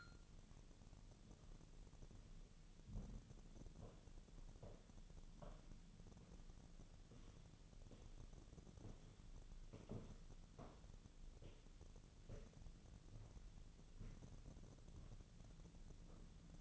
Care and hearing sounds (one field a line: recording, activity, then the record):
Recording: daily activity, microphone in the room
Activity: walk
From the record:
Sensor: 4